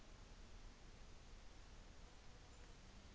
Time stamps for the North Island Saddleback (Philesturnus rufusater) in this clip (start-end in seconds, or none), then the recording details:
none. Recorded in New Zealand on 24 December 2018. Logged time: 14:50